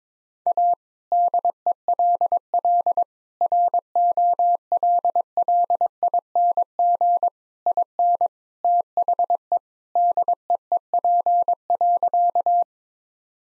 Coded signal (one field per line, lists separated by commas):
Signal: Morse code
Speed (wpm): 22 wpm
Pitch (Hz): 700 Hz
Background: none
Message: A DELL ROLLING IN THE DEEP.